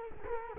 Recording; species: mosquito wingbeat signal from an infrared sensor; Culex quinquefasciatus